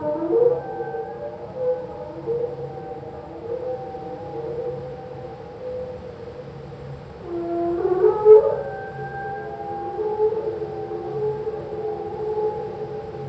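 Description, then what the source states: Whale song, slowed: long drawn-out moaning tones held at steady pitch, broken midway by a brief louder rising squeal, with a soft pulsing low hum beneath. A single whale, played slowed down.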